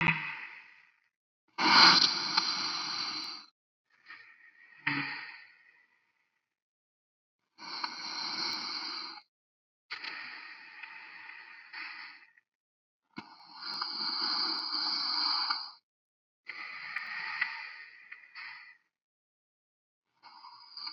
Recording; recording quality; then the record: deep breathing; excellent, no background noise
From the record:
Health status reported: healthy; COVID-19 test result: not tested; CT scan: not taken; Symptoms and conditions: cough, sore throat, hypertension, diabetes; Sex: male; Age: 59 years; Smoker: no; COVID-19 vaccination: both doses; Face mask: not worn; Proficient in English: yes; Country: India